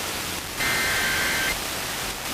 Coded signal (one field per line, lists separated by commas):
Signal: Emergency Alert System (SAME) tones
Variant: header bursts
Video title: Pennsylvania Required Monthly Tests (12/15/22)(EAS 1311-1321)